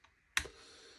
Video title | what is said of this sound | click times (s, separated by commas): Tamiya DT04 vs DT02 Build and chat | The top cover comes back down till it clicks, | 0.4 s